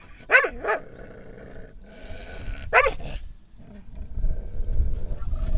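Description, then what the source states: Dog: a quick double bark, then one more bark a couple of seconds later, over rumbling low background noise. Village dogs in a hamlet in Laâssilat, Morocco, tied up, barking and growling in front of a house; recorded by Kais, Ayman and Mohamed.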